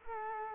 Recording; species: mosquito wingbeat signal from an infrared sensor; Culex quinquefasciatus